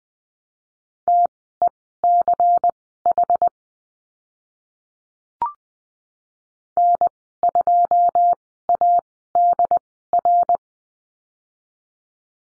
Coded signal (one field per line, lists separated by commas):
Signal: Morse code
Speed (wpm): 20 wpm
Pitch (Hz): 700 Hz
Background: none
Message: TECH N2ADR